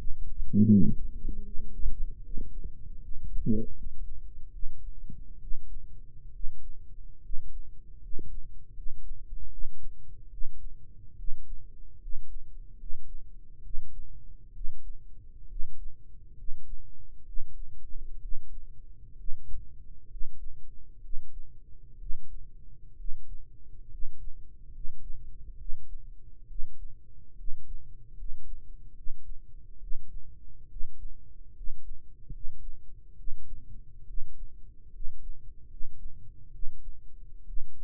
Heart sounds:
heart sounds by microphone in the right ear; 70 bpm
0.64 s: heartbeat
1.39 s: heartbeat
2.19 s: heartbeat
2.97 s: heartbeat
3.71 s: heartbeat
4.48 s: heartbeat
5.36 s: heartbeat
6.29 s: heartbeat
7.18 s: heartbeat
7.97 s: heartbeat
8.70 s: heartbeat
9.46 s: heartbeat
10.27 s: heartbeat
11.13 s: heartbeat
11.96 s: heartbeat
12.74 s: heartbeat
13.59 s: heartbeat
14.50 s: heartbeat
15.45 s: heartbeat
16.32 s: heartbeat
17.22 s: heartbeat
18.17 s: heartbeat
19.13 s: heartbeat
20.05 s: heartbeat
20.98 s: heartbeat
21.95 s: heartbeat
22.93 s: heartbeat
23.86 s: heartbeat
24.68 s: heartbeat
25.54 s: heartbeat
26.44 s: heartbeat
27.33 s: heartbeat
28.12 s: heartbeat
28.91 s: heartbeat
29.76 s: heartbeat
30.65 s: heartbeat
31.50 s: heartbeat
32.28 s: heartbeat
33.13 s: heartbeat
34.03 s: heartbeat
34.88 s: heartbeat
35.64 s: heartbeat
36.48 s: heartbeat
37.42 s: heartbeat
From the record:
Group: healthy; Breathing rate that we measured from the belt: 16 breaths a minute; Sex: male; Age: 22 years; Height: 185 cm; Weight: 112.4 kg

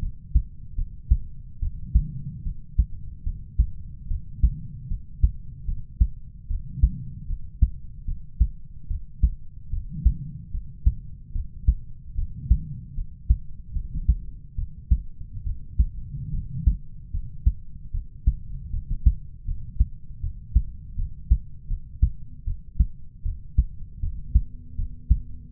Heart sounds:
heart sounds by stethoscope; 75 bpm
0.75 s: heartbeat
1.59 s: heartbeat
2.43 s: heartbeat
3.23 s: heartbeat
4.07 s: heartbeat
4.88 s: heartbeat
5.65 s: heartbeat
6.47 s: heartbeat
7.26 s: heartbeat
8.05 s: heartbeat
8.87 s: heartbeat
9.70 s: heartbeat
10.51 s: heartbeat
11.32 s: heartbeat
12.15 s: heartbeat
12.94 s: heartbeat
13.73 s: heartbeat
14.55 s: heartbeat
15.43 s: heartbeat
16.31 s: heartbeat
17.10 s: heartbeat
17.91 s: heartbeat
18.70 s: heartbeat
19.44 s: heartbeat
20.20 s: heartbeat
20.95 s: heartbeat
21.67 s: heartbeat
22.44 s: heartbeat
23.22 s: heartbeat
23.99 s: heartbeat
24.75 s: heartbeat
25.51 s: heartbeat
From the record:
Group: healthy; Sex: male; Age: 20 years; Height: 187 cm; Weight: 68.9 kg

